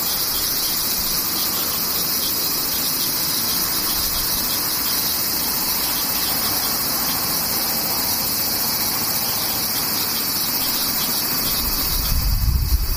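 Cicadas drone in a steady, dense, high-pitched hiss that holds at an even level from start to finish without pauses. A faint low rumble runs underneath, and in the last second a louder low thump or rumble breaks in.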